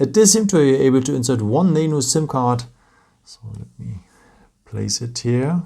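Someone talks while placing a nano SIM card into the removed plastic SIM tray of a Samsung Galaxy Z Flip 7 FE phone, with faint handling sounds between about 3.3 and 4.3 seconds before the talking resumes. The card is pressed into the tray, but nothing has seated or clicked yet.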